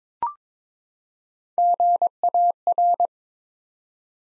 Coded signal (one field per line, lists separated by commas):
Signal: Morse code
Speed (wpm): 22 wpm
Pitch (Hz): 700 Hz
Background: none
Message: GAR